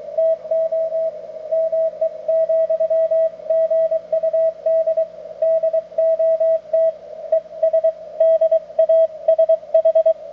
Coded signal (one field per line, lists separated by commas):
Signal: Morse code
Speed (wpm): 22 wpm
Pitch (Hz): 650 Hz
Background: radio noise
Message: TO ME, GUD DOT ES DASH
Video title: Collins 32V2 - 75A4 QSO N4LQ and WB4DBO